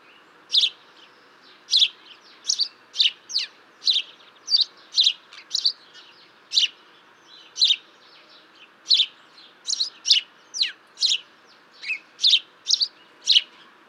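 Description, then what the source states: House sparrow giving a long series of loud, clipped chirps with occasional doubled notes and short gaps. Territorial tchip and tchiup chirps rather than a true song.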